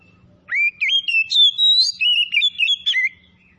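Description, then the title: Oriental magpie-robin song, one rapid phrase of about nine loud, clear whistled notes, slurring up and down, over a quiet low hum. Singing actively, described as 'gacor' (in full song). "Kacer Tretes"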